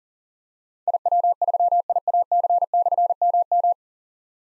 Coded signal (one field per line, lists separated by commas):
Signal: Morse code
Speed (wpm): 42 wpm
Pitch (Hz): 700 Hz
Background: none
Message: IW3IAC/MM